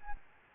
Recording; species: mosquito wingbeat signal from an infrared sensor; Anopheles gambiae